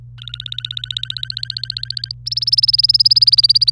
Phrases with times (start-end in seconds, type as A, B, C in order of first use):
0.18-2.12 A, 2.26-3.70 B